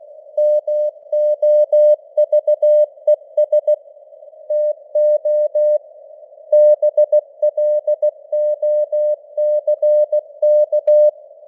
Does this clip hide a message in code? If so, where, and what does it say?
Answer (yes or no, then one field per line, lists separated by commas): yes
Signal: Morse code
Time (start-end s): 0.4-11.1 s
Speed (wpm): 16 wpm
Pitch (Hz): 600 Hz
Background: none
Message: MOVES TO BLOCK